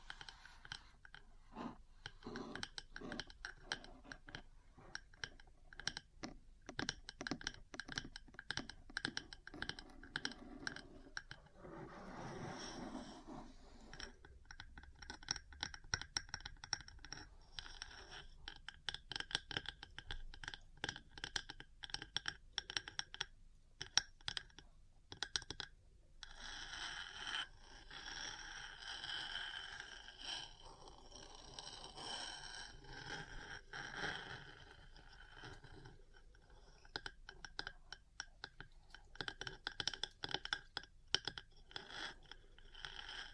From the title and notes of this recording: ASMR 3Dio Metal Parts Tapping & Scratching for Sleep and Relaxation (No Talking).